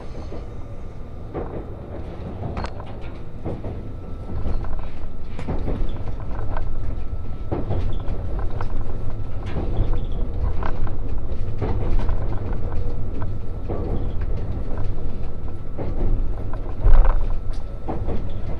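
Resort Shirakami No. 4 train running along the Sea of Japan coast from Ajigasawa, a steady low rumble of the train in motion. Faint clicks and clatter of wheels recur every second or two, growing a little louder after about five seconds, with a sharper knock near seventeen seconds.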